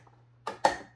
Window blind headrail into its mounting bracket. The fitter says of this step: and then it would just kind of snap onto the bracket very straightforward push it in